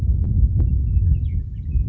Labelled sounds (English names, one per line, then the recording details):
Western Meadowlark
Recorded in Sonoma County, California